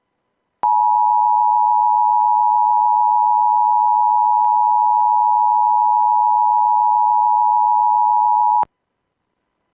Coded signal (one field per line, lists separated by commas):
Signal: Emergency Alert System (SAME) tones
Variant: 853 and 960 Hz attention tone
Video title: EAS SCENARIO: Terror Up In The Hills